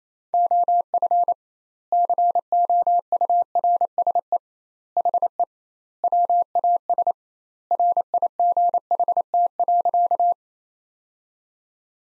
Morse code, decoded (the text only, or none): OF COURSE HE WAS RIGHT.